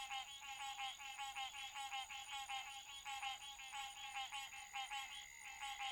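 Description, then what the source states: Frogs: frog chorus of many overlapping pulsed, rattling calls in steady waves, with a faint constant high tone behind. Recorded 28 June 2009 at 9:04 PM.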